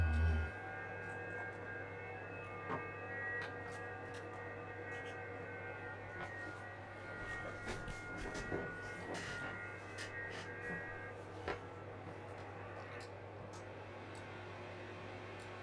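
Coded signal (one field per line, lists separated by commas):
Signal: FT8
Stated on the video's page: FT8 on HF during a solar storm with challenging conditions.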